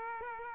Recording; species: mosquito wingbeat signal from an infrared sensor; Aedes aegypti